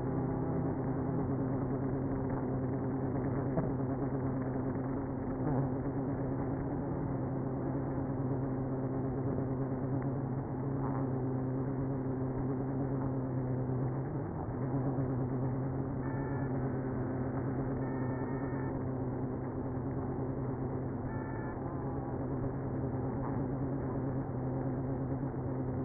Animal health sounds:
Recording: honeybee colony, microphone inside the hive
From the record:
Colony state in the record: queenless (queen removed)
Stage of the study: after two queens were removed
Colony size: about 60,000 bees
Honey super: yes

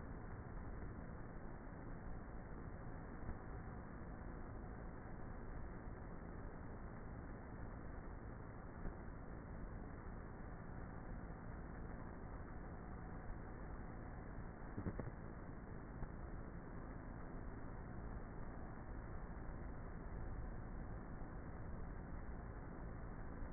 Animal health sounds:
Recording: honeybee colony, microphone inside the hive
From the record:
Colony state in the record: queenless with a low population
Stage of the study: before two queens were removed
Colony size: about 30,000 bees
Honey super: no

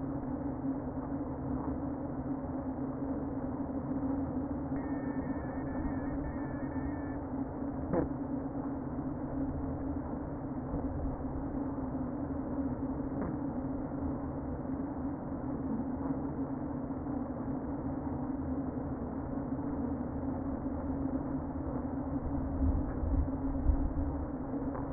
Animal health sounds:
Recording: honeybee colony, microphone inside the hive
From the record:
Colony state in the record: queen present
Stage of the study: before two queens were removed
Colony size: about 60,000 bees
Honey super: yes

